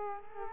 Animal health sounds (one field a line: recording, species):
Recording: mosquito wingbeat signal from an infrared sensor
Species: Culex quinquefasciatus